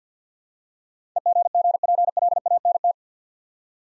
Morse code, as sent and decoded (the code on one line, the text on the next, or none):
. --. --. .--. .-.. .- -. -
EGGPLANT